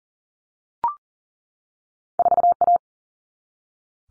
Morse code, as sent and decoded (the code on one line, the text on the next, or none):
....- .-
4A